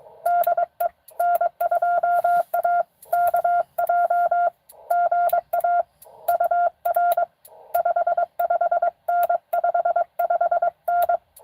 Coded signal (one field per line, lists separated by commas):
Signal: Morse code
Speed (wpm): 22 wpm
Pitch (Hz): 690 Hz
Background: radio noise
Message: DE N2AKJ GA UR 55N 55N